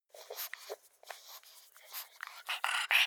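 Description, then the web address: Pug panting with quick, irregular breathy huffs and snuffly rasps, short pauses between bursts, growing louder and harsher toward the end. "soundpool sounds natur-tiere hunde"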